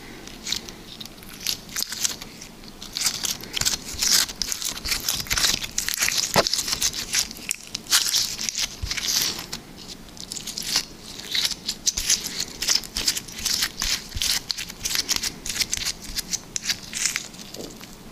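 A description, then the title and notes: Liquid slime being squished and worked, producing a constant run of wet crackles, pops and crinkly clicks. The sounds are dense and bright, coming in quick uneven bursts with brief lulls, busiest from about four to ten seconds and again near twelve seconds. Liquid Slime ASMR.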